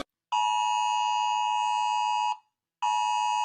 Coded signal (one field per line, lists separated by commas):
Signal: Emergency Alert System (SAME) tones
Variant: 853 and 960 Hz attention tone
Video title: Rating EAS Alarms (PLEASE READ THE PINNED COMMENT)